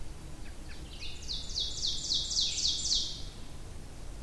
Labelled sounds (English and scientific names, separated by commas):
Ovenbird (Seiurus aurocapilla) song